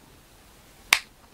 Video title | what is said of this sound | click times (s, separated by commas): Ny hylde til værkstedet | så låser den på plads | 0.9 s